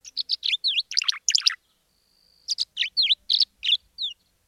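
Tree Swallows giving bright, liquid chirps and twittered notes in quick irregular bursts, with a brief pause and a thin steady tone between the two runs.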